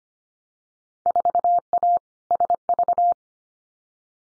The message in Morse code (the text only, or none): 4A SV